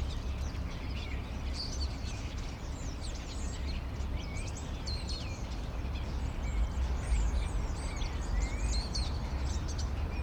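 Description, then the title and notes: Common starling chattering, a busy mix of sliding whistles, rising and falling notes and short clicks, over a steady low rumble of city noise. Several starlings perched on a crane in an inner courtyard at Rue Tasson-Snel 9, Saint-Gilles, Belgium; recorded with a Sony PCM-M10. "Rue Tasson-Snel 9, 1060 Saint-Gilles, Belgique - Étourneaux - Starlings. Étourneaux sur une grue, intérieur dîlot. Starlings on a crane, Inner courtyard"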